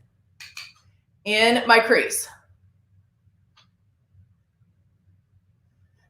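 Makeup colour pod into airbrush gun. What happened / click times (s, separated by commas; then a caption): A small plastic pod clicks into place / 0.4 s, 0.6 s. A peach eyeshadow makeup colour pod is put into an airbrush gun, and two short sharp clicks at 0.4 s and 0.6 s mark it seating in place. Someone then talks briefly, followed by quiet low background noise.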